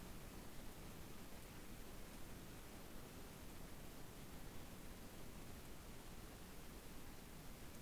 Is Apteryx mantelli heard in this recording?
no